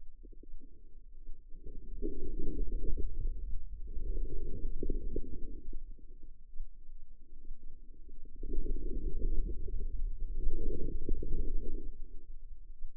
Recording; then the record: forearm muscle sounds (acoustic myography)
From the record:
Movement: inward rotation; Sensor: system 2, bracelet of six BSWA MPA416 microphones around the upper forearm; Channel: 6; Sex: female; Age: 25 years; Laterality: right